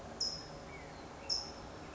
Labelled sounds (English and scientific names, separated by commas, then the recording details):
California Towhee (Melozone crissalis)
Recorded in Sonoma County, California